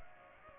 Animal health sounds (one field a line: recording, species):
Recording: mosquito wingbeat signal from an infrared sensor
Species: Culex pipiens